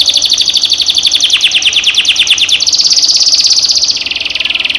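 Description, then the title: Canary song of fast, repeated pulsed trills: one descending rolling phrase followed by higher trills in quick succession. Caged canary; training therapy to raise a cage bird's singing volume. "terapi kenari AMPUH untuk TINGKATKAN VOLUME"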